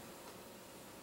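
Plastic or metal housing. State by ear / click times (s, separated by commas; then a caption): not seated / none. The two halves of an M16 V2 airsoft gearbox shell are being closed by hand over a newly made pressure plate to test the fit. Only a steady broadband hiss is heard, with no distinct clicks or knocks and no talking. Nothing has seated or snapped closed yet; the shell later snaps into place as a very tight fit.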